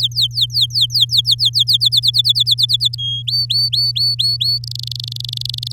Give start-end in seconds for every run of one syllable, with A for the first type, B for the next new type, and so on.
0.00-1.77 A, 1.80-2.95 B, 2.98-3.22 C, 3.27-4.58 D, 4.64-5.72 E